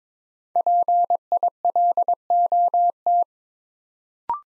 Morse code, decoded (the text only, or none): PILOT